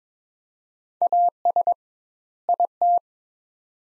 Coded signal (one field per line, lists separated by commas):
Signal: Morse code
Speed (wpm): 22 wpm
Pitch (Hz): 700 Hz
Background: none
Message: AS IT